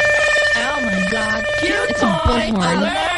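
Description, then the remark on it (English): An alarm clock alarm rings loudly and continuously, with steady high electronic tones layered over warbling, rising and falling notes that repeat for about three seconds. “That was an alarm. It is like a 2 second alarm.”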